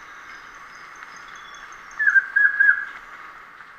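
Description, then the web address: Collared trogon song: three brief whistled notes in a quick row, set against a steady whining insect drone. Ecuador. "Birds of Ecuador. Collared Trogon"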